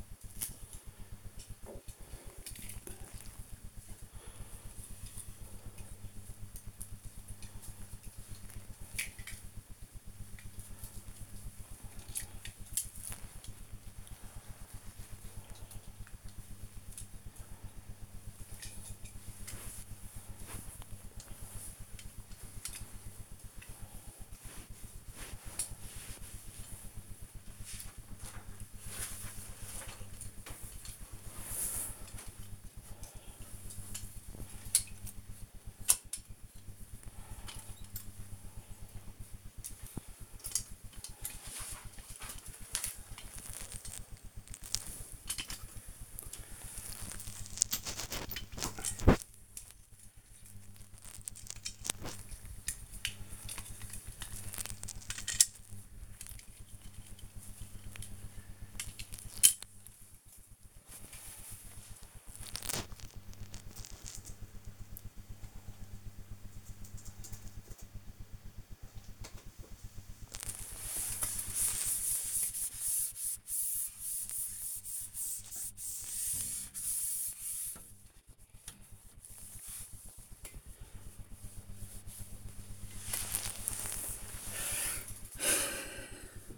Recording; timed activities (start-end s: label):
household activities, microphone on the right wrist
0.00-64.93 s: dusting model cars
68.94-86.58 s: dusting model cars